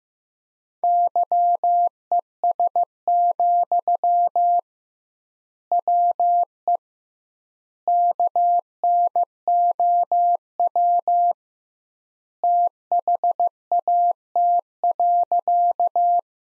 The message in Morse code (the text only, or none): YES, WE KNOW THAT.